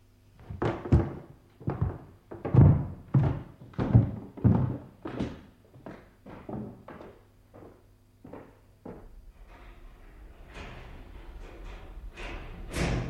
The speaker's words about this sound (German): Da ist wirklich einer, der an der Tür pocht.